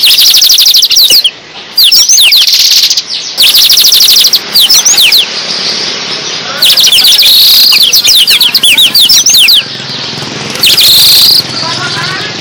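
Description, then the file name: Black-throated Canary singing in fast phrases of high chattering trills and slurred whistles, pausing between bursts. Singing in the lively, nonstop style called gacor. "burung blackthroat gacor"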